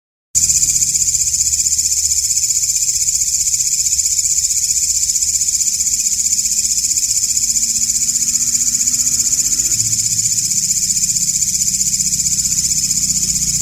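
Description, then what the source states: Katydid buzzing call starts abruptly after a short silence, then a sustained high shrill with fast regular pulses, over faint low background sounds. Called walang ngapak in Indonesian.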